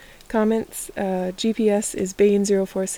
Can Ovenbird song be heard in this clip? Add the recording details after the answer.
no. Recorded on 2 June 2016 at 12:35. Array SBT-3-7